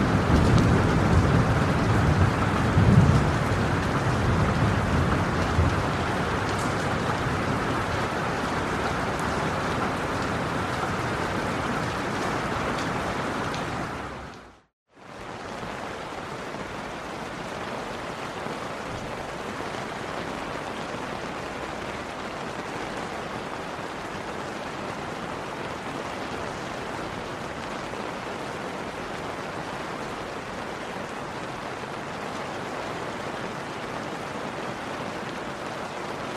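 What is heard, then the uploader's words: Rain falls as a dense, steady hiss with a low rumble underneath for the first fourteen seconds. A brief moment of silence cuts in near fifteen seconds. The rain then resumes softer and thinner, a light, even patter that continues to the end. Serene Rain Sounds.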